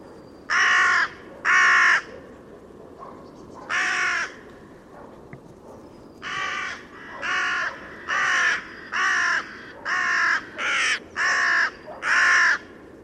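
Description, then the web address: Bird giving harsh, hoarse cawing calls, about a dozen in loose series with short pauses between groups, over low background noise. "Bird Only"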